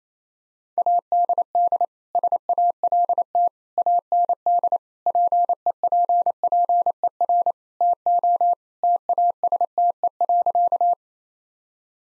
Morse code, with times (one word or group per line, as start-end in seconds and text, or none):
0.8-1.9 ADD
2.1-3.5 SALT
3.8-4.8 AND
5.1-7.5 PEPPER
7.8-8.5 TO
8.8-10.9 TASTE.